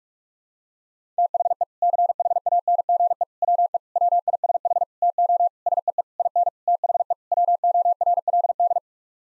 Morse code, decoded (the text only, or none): THE CHANGE WE WISH TO SEE IN THE WORLD